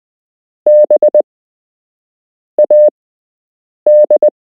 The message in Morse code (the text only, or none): B AD